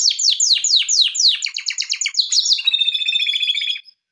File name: canary